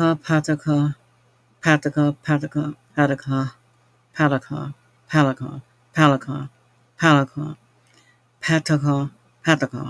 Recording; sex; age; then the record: repeated syllables /pa ta ka/; female; 40 to 49 years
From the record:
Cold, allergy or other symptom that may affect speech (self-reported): no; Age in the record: 46 years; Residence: Mississippi, United States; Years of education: 15